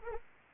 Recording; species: mosquito wingbeat signal from an infrared sensor; Anopheles arabiensis